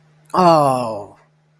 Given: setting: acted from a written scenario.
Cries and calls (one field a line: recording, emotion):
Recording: vocal sound without words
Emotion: disappointment